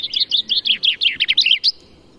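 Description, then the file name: Common chaffinch song: a quick run of bright chirping notes lasting under two seconds, then quiet. "Fringilla coelebs"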